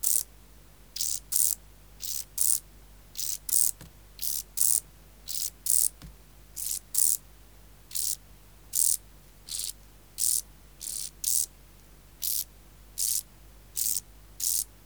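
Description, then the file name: Common field grasshopper song: a long series of many short, harsh, buzzy chirps, closely and fairly evenly spaced, with a low background hum. "Chorthippus brunneus"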